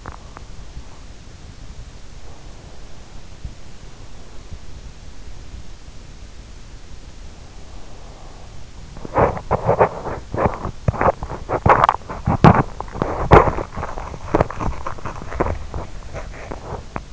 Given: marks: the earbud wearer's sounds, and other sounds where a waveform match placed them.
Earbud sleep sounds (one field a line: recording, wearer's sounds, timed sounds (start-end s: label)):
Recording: sounds in sleep by an in-ear microphone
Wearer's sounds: swallowing, breath, teeth grinding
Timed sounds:
0.00-0.53 s: swallowing
1.86-5.09 s: breath
7.08-8.81 s: breath
9.09-17.13 s: teeth grinding